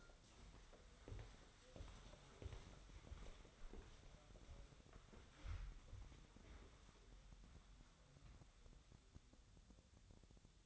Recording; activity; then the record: daily activity, microphone in the room; walk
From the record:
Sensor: 3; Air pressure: 1015.3 hPa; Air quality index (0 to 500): 133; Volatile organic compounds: 6 ppm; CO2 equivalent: 1882 ppm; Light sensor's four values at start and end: 14/37/15/16 and 15/38/15/16